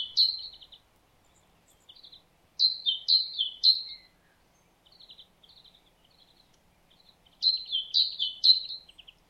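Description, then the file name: Great tit song of ringing two-note phrases, high then lower, delivered in short runs of three with quiet gaps and scattered soft notes. "Parus major"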